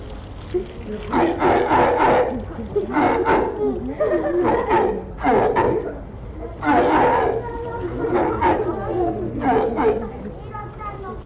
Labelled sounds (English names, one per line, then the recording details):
Walrus call
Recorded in captivity
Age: subadult
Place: Zoo Hannover, Niedersachsen, DE
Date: 1961-08-07 18:25
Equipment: Minifon, Kopie Smaragd
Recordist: Tembrock, Günter
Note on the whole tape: Zwei halbwüchsige Tiere: Rufreihen, während der Reinigung des Beckens (Tiere abgesperrt, immer beieinander). Abstand: 10 m